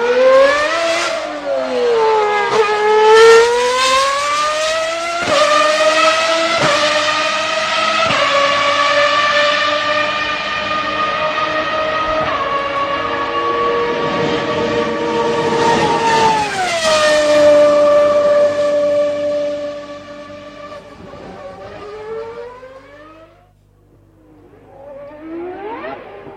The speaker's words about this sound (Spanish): Bueno, qué rugir de motores y qué recuerdos nos trae del Jarama.